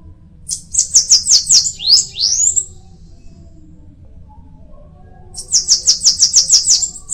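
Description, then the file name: Bananaquit singing two high-pitched phrases of fast repeated notes, the first closing with two rising slurred squeaks, a few seconds apart. "canto da cambacica"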